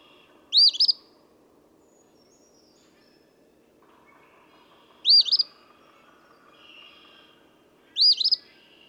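Eastern phoebe song: three sharp, buzzy two-part phrases spaced several seconds apart, with faint chirps between.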